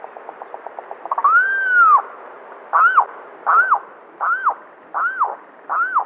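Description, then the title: Limpkin opening with a quick stuttering series of short notes, then one long drawn-out wail, followed by five shorter arched wailing cries repeated at regular intervals. "LuckyPassaro Completos2Sama. Limpkin (Aramus guarauna)"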